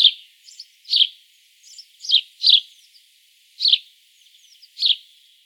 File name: Passer domesticus